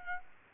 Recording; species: mosquito wingbeat signal from an infrared sensor; Culex quinquefasciatus